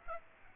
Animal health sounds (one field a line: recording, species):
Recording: mosquito wingbeat signal from an infrared sensor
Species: Aedes aegypti